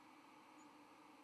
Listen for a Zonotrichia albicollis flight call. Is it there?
no